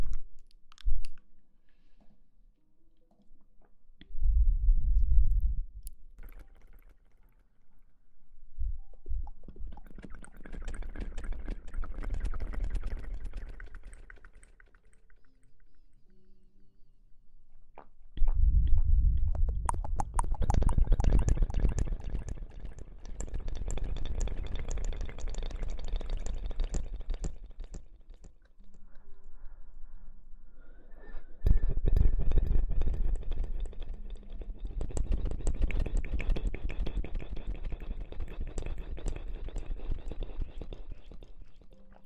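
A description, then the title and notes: Mouth sounds come in three long bursts of wet, gurgling noise, each starting with a low thump, separated by short quiet gaps. Mouth Sounds.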